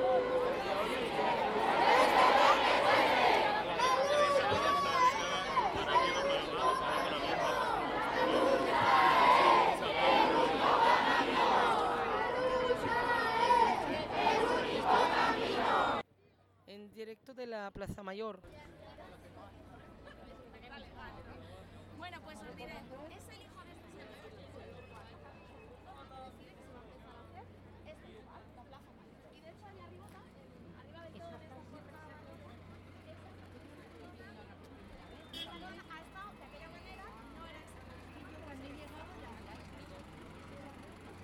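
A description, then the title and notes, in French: A Madrid street ambience opens with a dense, loud crowd of overlapping voices and chatter for about sixteen seconds. The sound then cuts abruptly to a much quieter scene with a low steady hum, faint scattered voices and occasional soft knocks. Carte sonore de Madrid.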